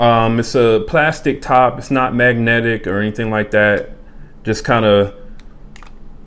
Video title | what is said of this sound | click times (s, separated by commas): Paris Corner Rifaaqat/Alexandria Fragrances Tomcat/YSL Babycat Comparison+1K Sub Giveaway CLOSED! | goes over the the thing here doesn't doesn't even really click into place | none